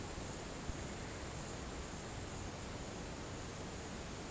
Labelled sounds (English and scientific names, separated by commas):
none